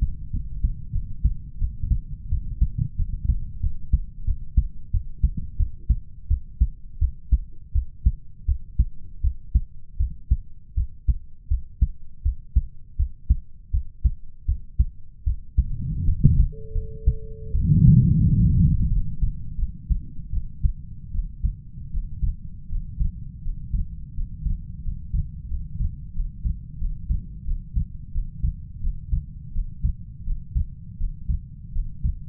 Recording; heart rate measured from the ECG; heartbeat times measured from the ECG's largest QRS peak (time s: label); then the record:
heart sounds by stethoscope; 84 bpm
0.30 s: heartbeat
0.91 s: heartbeat
1.58 s: heartbeat
2.29 s: heartbeat
2.96 s: heartbeat
3.60 s: heartbeat
4.24 s: heartbeat
4.91 s: heartbeat
5.57 s: heartbeat
6.28 s: heartbeat
6.99 s: heartbeat
7.72 s: heartbeat
8.45 s: heartbeat
9.21 s: heartbeat
9.97 s: heartbeat
10.74 s: heartbeat
11.48 s: heartbeat
12.22 s: heartbeat
12.96 s: heartbeat
13.71 s: heartbeat
14.45 s: heartbeat
15.24 s: heartbeat
16.05 s: heartbeat
16.72 s: heartbeat
17.52 s: heartbeat
18.22 s: heartbeat
18.88 s: heartbeat
19.56 s: heartbeat
20.30 s: heartbeat
21.11 s: heartbeat
21.90 s: heartbeat
22.68 s: heartbeat
23.41 s: heartbeat
24.13 s: heartbeat
24.81 s: heartbeat
25.47 s: heartbeat
26.12 s: heartbeat
26.77 s: heartbeat
27.44 s: heartbeat
28.11 s: heartbeat
28.80 s: heartbeat
29.51 s: heartbeat
30.23 s: heartbeat
30.96 s: heartbeat
31.71 s: heartbeat
From the record:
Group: healthy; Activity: rest 0-18 s, breath hold 18-32 s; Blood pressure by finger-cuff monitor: 102/73 mmHg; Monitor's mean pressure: 82 mmHg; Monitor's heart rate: 84 bpm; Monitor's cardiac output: 6.1 L/min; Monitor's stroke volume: 73 mL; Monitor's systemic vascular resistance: 980 dyn s/cm5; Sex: male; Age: 20 years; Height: 187 cm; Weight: 68.9 kg